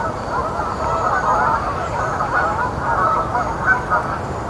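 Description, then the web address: Canada goose: canada geese honking together, a thick mass of nasal, overlapping calls. "Canada Geese"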